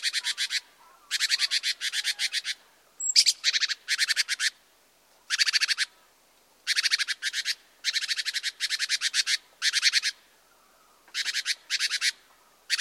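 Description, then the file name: Great tit scolding, giving dense repeated buzzy churring rattles with brief gaps and an occasional high thin note. "Parus major"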